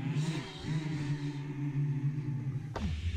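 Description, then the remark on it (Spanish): An a cappella choir imitates car sounds in a television car advertisement: voices sing a low, steady humming drone that swoops up and down in pitch like a running engine, ending with a sudden sharp burst as the tone drops away. “Es increíble los sonidos, todo, absolutamente todos los sonidos del coche los hacen el coro.”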